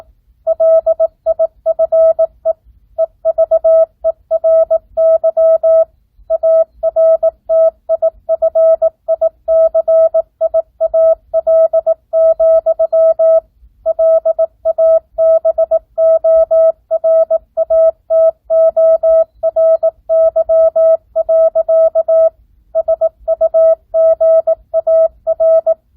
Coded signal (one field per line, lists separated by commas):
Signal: Morse code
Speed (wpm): 18 wpm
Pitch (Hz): 650 Hz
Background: none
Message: LIFE EVERY ARTIFICIAL, LABORATORY. SUGAR